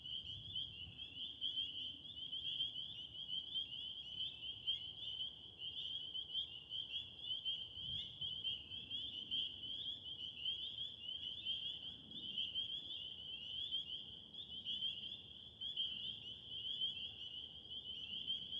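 A dense chorus of spring peepers fills the whole stretch, a steady, shrill wall of high peeping calls that never lets up. Underneath runs a soft, low rumble that swells now and then, around eight and twelve seconds.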